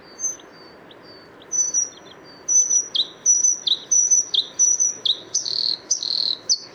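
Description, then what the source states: Bluethroat song: a few thin high notes, then a run of ringing repeated notes that builds into fuller, buzzier phrases, with soft background hiss. 6 April 2014 at the Isar river mouth (Isarmündung), Deggendorf district.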